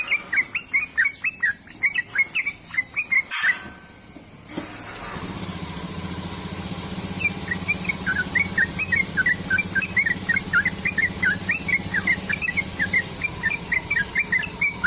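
Bird song of rapid chirps, cut by a loud crackling burst around the fourth second, then chirping resumes steadily over a low hum.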